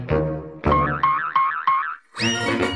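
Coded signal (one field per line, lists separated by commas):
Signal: none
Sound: cartoon soundtrack boing sounds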